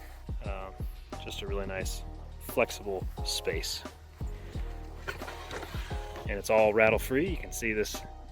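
Someone talks over music while the extended slide-out kitchen tray of a vehicle cargo drawer system is handled, with a brief sharp sound near 5.1 s. The tray's latch has not yet clicked or seated by the end of the clip.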